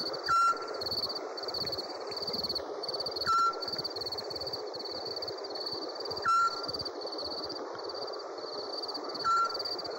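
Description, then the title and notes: Owl whistling single short hoots, each slightly falling, roughly every three seconds, over a continuous high insect chorus and a broad background hiss. Compilation of 69 call variants from 11 owl species. "Sovy - Eulen - Owls. 69 variant hlasů - 11 druhů sov"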